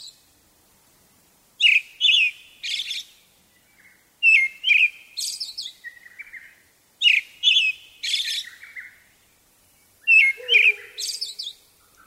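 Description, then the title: Brown-headed thrush singing repeated phrases of several whistled and buzzy notes, given every few seconds. Recorded on Mount Tennyo, Yamanashi Prefecture, Japan. "天女山（山梨県）のアカハラ"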